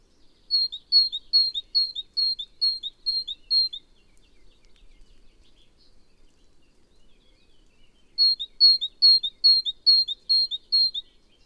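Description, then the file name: Great tit repeating a sharp, high two-note phrase several times, falling silent for several seconds, then delivering another run of similar phrases. "Parus major"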